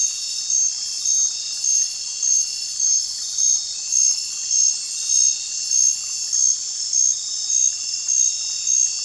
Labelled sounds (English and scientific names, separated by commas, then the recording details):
none
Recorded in dense forest near Puerto Asís, Putumayo, Colombia, on 21 December 2024 at 20:00
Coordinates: 0.467, -76.328
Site GP05